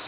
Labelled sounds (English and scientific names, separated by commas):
Nashville Warbler (Leiothlypis ruficapilla) flight call